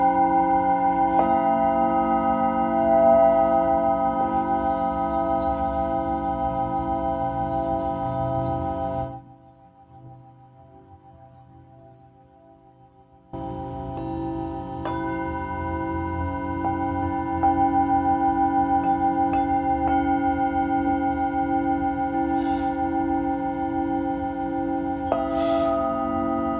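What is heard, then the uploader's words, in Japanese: Singing bowls ring in long, layered tones that hum low and shimmer above, with new strikes adding fresh bright edges every few seconds. Around nine seconds the sound drops to near silence for about four seconds, then the full ringing returns and continues steadily. メキシコから シンギングボウルのサウンドヒーリング ライブ。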